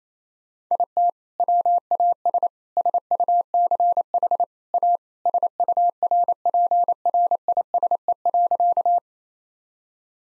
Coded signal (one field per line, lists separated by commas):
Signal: Morse code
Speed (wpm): 28 wpm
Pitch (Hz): 700 Hz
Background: none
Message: IT WAS SUCH A SURPRISE.